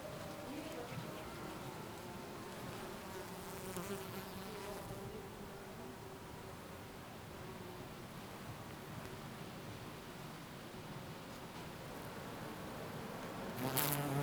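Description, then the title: Bee buzzing, a quiet fluctuating hum over soft background hiss, growing louder at the very end. Bees buzzing in a garden on a sunny summer day in Jette, Belgium; Sony PCM-D100 internal microphones, wide position. "Rue Jean Baudoux 40, 1090 Jette, Belgique - Bees in the garden"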